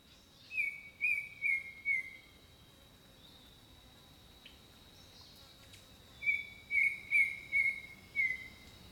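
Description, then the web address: Bird song: two phrases of several clear whistled notes, each dropping slightly in pitch, with a pause between them, over continuous high insect buzzing. Birdsong in the jungle. "Echoes of Nature - Jungle Talk 01 Jungle Birdsong"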